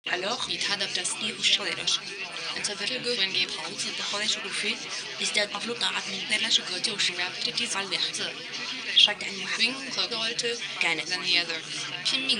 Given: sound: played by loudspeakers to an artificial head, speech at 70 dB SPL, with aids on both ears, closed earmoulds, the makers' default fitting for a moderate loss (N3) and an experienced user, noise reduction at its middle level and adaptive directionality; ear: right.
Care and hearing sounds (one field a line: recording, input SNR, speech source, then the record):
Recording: speech test signal (ISTS) in cocktail-party noise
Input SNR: +3 dB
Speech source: in front (0 degrees)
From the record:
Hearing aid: class 2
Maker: A